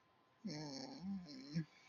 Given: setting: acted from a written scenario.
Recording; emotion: vocal sound without words; fear